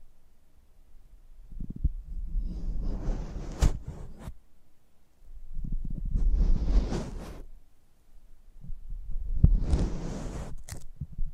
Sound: ASMR Close Up Mic Treatment